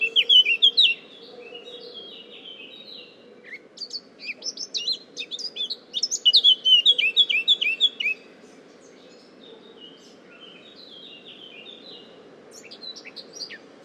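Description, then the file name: Eurasian blackcap song: a long rapid warble swelling into loud fluted phrases, then quiet, then a short softer warbled phrase, over a faint low hum. "Sylvia atricapilla"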